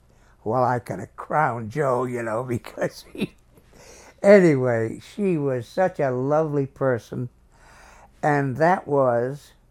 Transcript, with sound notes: Well I'm gonna crown Joe, you know, because he—. (laughs) Anyway, she was such a lovely person and that was